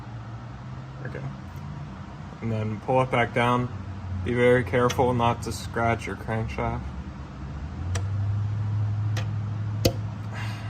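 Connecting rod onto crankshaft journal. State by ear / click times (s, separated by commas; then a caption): seated / 9.8 s. On a BMW E46 M3 rod bearing replacement with VAC bearings and ARP bolts, a connecting rod fitted with a new bearing is pulled back down onto the crankshaft journal, taking care not to scratch the crankshaft. Someone talks over a steady low hum, and a few faint taps lead up to a sharp click at 9.9 s as the rod seats on the journal.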